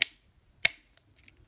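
The plastic body shell of an N scale Kato F3 New York Central model locomotive is pressed back onto its chassis after cleaning and lubrication. Two sharp, bright clicks ring out at 0.0 and 0.7 seconds, followed by a few faint small ticks. The shell is seated in its proper spot.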